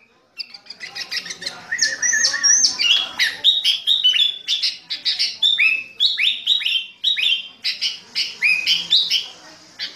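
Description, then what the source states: Sooty-headed bulbul singing rapid bursts of high chirps and downslurred whistles after a brief silence, phrases tumbling together with quick changes of pattern. Fierce-style ('gaya sangar') singing with a 'thunder' ('suara halilintar') voice.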